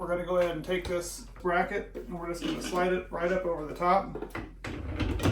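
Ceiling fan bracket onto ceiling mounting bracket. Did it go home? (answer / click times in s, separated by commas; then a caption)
no / none. Someone talks while lifting an EasyNice remote-controlled ceiling fan and sliding the fan's bracket up over the ceiling mounting bracket, with brief rustling and sliding handling noise near the end. Nothing has seated or clicked yet.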